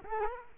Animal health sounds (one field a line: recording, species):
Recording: mosquito wingbeat signal from an infrared sensor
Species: Culex quinquefasciatus